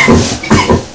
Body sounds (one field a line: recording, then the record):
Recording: coughing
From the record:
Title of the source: Spring Cold Coughing 2